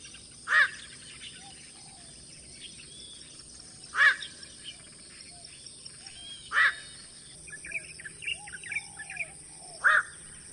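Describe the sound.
Black-crowned night heron calls: single harsh, croaking barks repeated about every three seconds, with faint chirps of other birds between them and a steady hiss.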